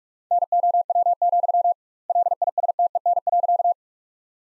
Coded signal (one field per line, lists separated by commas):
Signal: Morse code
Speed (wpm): 46 wpm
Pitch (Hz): 700 Hz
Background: none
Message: NOW, LISTEN.